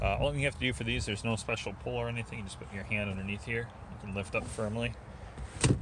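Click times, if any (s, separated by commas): 5.6 s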